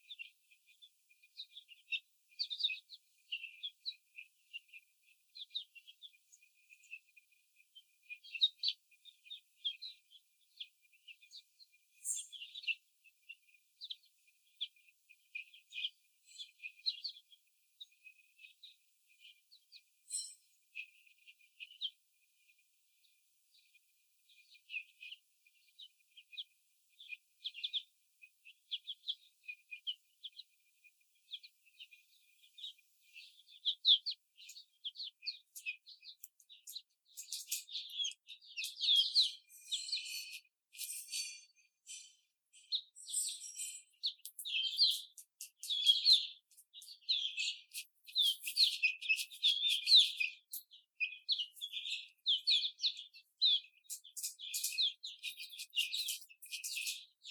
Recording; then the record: young laying hens in a cage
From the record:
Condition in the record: before the stressor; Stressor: simulated dog barking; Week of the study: 4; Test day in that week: 2